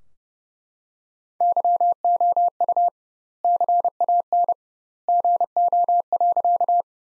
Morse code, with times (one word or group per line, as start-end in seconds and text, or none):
1.4-2.9 YOU
3.4-4.5 CAN
5.1-6.8 GO.